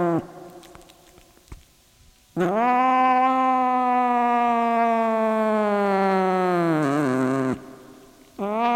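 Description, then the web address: Cat producing one long, even yowl lasting about five seconds that sags in pitch at its close, then another begins after a short pause. Cat named Sunshine. "sunshine the cat sunshine the cat-sounds of the cat"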